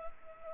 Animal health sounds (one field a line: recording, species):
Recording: mosquito wingbeat signal from an infrared sensor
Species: Culex pipiens